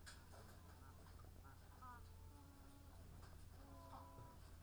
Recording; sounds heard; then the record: poultry house recording; sick chickens (respiratory disease)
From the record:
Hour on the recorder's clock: 17